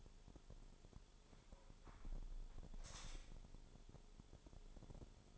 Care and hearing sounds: daily activity, microphone in the room; close window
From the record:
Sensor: 5

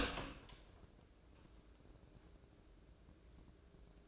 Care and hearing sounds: daily activity, microphone in the room; open door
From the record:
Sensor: 2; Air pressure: 1012.1 hPa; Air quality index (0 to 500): 161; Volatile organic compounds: 2 ppm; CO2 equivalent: 1175 ppm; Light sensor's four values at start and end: 390/973/396/415 and 388/967/393/412

